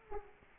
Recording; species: mosquito wingbeat signal from an infrared sensor; Culex quinquefasciatus